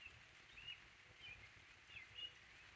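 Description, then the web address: Bird giving a few short high chirps over a steady hiss of rain. "codly ambient-or-nature birds in the rain"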